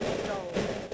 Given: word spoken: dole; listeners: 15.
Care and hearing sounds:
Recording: one English word in noise, from a listening test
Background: noise modulated by three-talker babble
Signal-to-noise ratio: -6.5 dB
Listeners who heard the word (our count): 0 of 15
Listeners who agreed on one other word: 7 of 15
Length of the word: 0.54 s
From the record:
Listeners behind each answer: 7, 4, 3, 1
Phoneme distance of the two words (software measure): 10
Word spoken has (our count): 1 syllable, 3 phonemes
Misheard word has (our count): 1 syllable, 3 phonemes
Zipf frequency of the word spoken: 3.57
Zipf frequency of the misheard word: 4.07

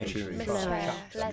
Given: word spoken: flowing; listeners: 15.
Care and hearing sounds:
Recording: one English word in noise, from a listening test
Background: four-talker babble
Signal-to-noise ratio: -2.9 dB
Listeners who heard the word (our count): 0 of 15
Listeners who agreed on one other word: 9 of 15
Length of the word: 0.93 s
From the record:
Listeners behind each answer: 9, 1, 1, 1, 1, 1, 1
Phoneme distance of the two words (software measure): 48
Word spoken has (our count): 2 syllables, 5 phonemes, stress on syllable 1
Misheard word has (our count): 2 syllables, 5 phonemes, stress on syllable 1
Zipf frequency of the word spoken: 4.02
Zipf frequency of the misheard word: 3.66

